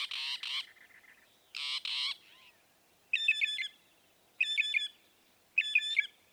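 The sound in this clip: Northern mockingbird repeating a harsh buzzy phrase twice, then a patterned series of metallic notes delivered three times about a second apart.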